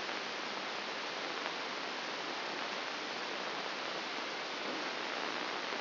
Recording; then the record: brain microelectrode recording played as sound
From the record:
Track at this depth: inside the subthalamic nucleus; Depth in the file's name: 2.704 mm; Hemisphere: left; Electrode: 2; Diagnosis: Parkinson's disease